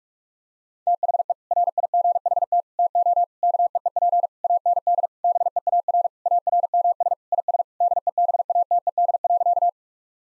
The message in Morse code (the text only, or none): THE RIGHT TO KEEP AND BEAR ARMS IS DEBATED.